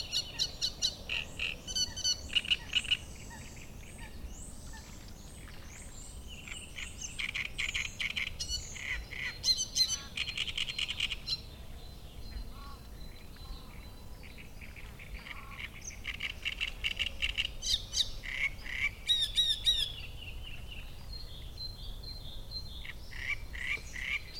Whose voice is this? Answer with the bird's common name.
Great Reed Warbler